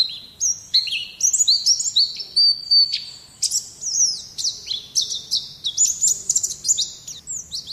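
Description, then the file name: White-eye song, a hurried run of high twittering notes and brief sliding whistles, varied and almost unbroken. White-eye (pleci) singing in the song style called "ngalas". "pleci ngalas omkicau"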